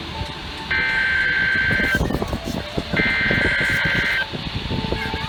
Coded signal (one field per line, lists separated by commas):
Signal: Emergency Alert System (SAME) tones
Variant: header bursts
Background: speech